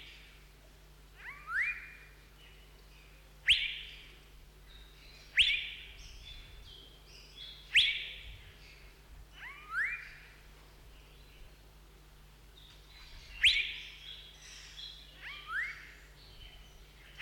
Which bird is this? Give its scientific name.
Irena puella